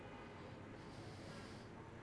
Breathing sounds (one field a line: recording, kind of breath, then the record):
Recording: one breath in and out by a microphone near the nose and mouth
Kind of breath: normal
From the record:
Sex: male